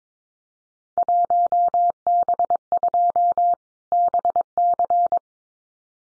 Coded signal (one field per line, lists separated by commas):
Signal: Morse code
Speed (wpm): 22 wpm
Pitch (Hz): 700 Hz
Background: none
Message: 1B2 BC